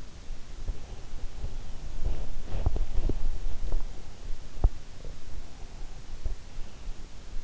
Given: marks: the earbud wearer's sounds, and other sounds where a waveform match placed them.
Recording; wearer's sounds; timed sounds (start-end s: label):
sounds in sleep by an in-ear microphone; teeth grinding
2.02-3.83 s: teeth grinding